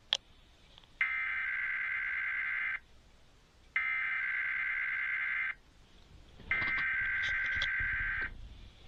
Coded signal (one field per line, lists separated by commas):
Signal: Emergency Alert System (SAME) tones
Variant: header bursts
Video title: MISSOULA FINALLY DOES IT... EAS Tests from October 2024 (EAS #5,058 - 5,141)